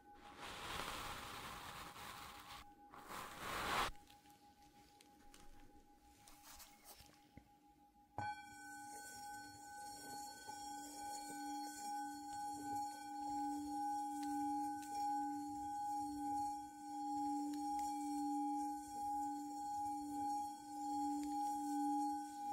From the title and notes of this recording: Focus Tibetan Singing Bowl and Ear Brushing. ASMR Sounds Binaural Triggers Relaxing caresses on your ears with different brushes, foam and burlap during the tinkling of a Tibetan Bowl. Without whispering.